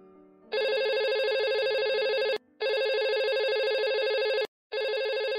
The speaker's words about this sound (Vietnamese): Điện thoại liên tục reo vang từ sáng tới giờ, hết bố mẹ cô lại đến giản phái Lam.